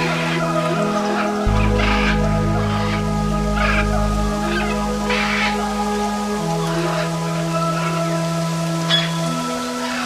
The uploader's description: sounds of the Amazon rainforest